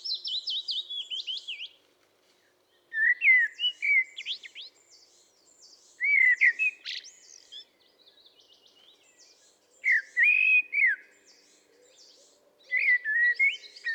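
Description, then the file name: Common blackbird singing: several mellow fluted phrases with high squeaky twittering, separated by pauses of a few seconds. "Turdus merula"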